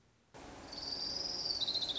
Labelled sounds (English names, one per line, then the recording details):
Orange-crowned Warbler
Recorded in Sonoma County, California